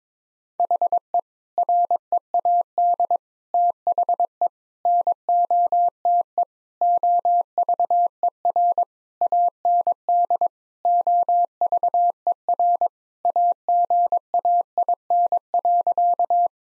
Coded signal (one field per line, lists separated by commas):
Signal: Morse code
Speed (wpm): 22 wpm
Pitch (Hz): 700 Hz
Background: none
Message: HE READ THE NOTE OVER AND OVER AGAIN.